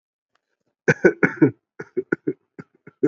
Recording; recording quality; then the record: shallow voluntary cough; excellent, no background noise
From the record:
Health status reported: exposed to COVID-19, no respiratory illness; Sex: male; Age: 26 years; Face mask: not worn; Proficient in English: yes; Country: India